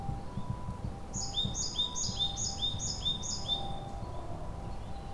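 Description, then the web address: Japanese tit song, a clear two-note phrase, a high note then a lower one, repeated about six times in quick succession over a low steady hum and rumble. Recorded at Kotori no Mori on 2 May 2015. "kotorinomori kotori shijukara"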